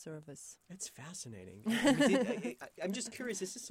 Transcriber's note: laughter